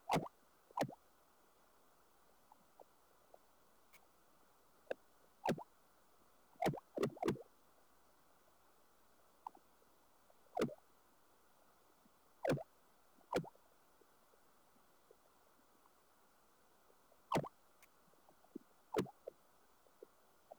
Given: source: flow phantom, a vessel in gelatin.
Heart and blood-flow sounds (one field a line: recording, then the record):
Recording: Doppler ultrasound of air bubbles in flowing water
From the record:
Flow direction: towards the transducer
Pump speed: 150 rpm (540 mL/min)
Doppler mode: pulsed wave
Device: 7 MHz transducer